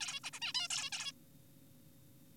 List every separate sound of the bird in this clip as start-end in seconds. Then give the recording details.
0.01-0.20, 0.24-0.30, 0.33-0.40, 0.42-0.53, 0.55-0.68, 0.70-0.90, 0.93-1.12. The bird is an adult. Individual g4p5U